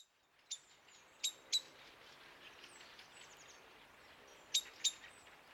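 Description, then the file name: Common blackbird hard ticking calls, a single note then a pair, later another pair, over faint background hiss and soft chirps. "Turdus merula"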